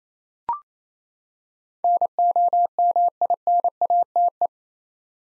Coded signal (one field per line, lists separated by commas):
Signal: Morse code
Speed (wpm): 28 wpm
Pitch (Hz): 700 Hz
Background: none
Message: NOMINATE